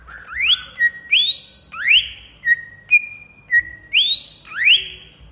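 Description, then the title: Greater green leafbird singing rich upslurred whistles and short level notes in a lively repeated phrase. Banyuwangi variety, singing agitated and fired up (ngentrok ngamuk). "Cucak Hijau Banyuwangi Ngentrok Ngamuk"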